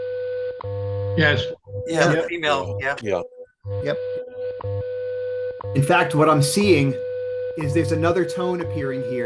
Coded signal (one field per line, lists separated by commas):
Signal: radio time signal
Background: speech